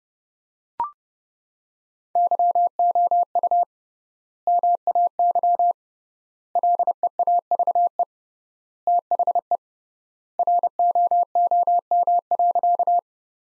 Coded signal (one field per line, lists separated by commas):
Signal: Morse code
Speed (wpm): 30 wpm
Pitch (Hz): 700 Hz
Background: none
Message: YOU MAY LEAVE THE ROOM.